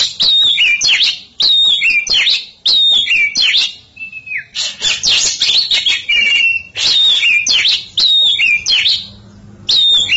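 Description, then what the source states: Oriental magpie-robin song: loud, varied whistled phrases and sharp chattering notes in rapid bursts, with brief pauses and a lone falling whistle midway. Champion songbird.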